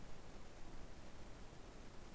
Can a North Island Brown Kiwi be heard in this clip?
no